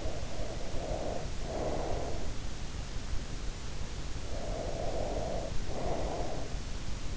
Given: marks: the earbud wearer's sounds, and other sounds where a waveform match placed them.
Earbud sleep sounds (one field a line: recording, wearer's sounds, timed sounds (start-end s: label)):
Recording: sounds in sleep by an in-ear microphone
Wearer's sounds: breath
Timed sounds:
0.00-2.63 s: breath
4.26-6.53 s: breath